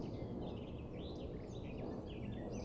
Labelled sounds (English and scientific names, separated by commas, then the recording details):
Eurasian Blackcap (Sylvia atricapilla)
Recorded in Germany
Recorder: ecoPi